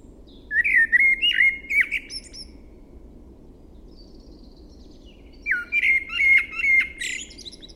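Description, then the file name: Eurasian blackbird song: two leisurely mellow whistled phrases, wavering and flute-like, each finished with sharp high squeaks and twitters, separated by a short pause; low steady hum beneath. "Turdus merula"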